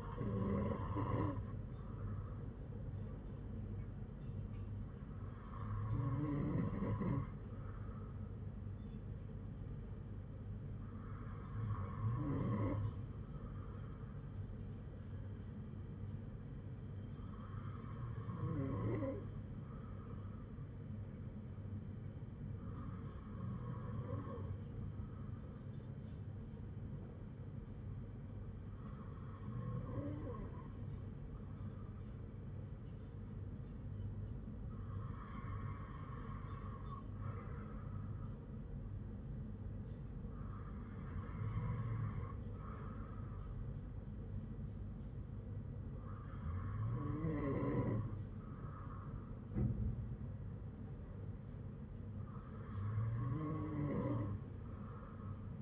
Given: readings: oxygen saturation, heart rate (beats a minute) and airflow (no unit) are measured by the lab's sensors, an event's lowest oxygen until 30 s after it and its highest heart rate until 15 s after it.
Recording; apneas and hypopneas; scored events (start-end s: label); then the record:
breathing in sleep by a smartphone at the bedside; none
none scored
From the record:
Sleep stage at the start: N2 (light sleep); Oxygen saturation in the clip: 95 to 97%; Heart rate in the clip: 54 to 61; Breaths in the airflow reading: 10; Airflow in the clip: -7.7 to 4.6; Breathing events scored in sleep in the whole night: 182 in 7.4 hours asleep